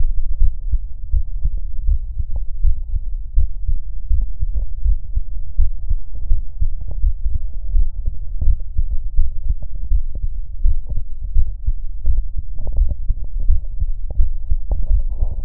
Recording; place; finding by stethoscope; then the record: heart sounds by stethoscope; tricuspid valve (TV); normal heart sounds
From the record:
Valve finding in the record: tricuspid regurgitation, grade 1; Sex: male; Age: 53 years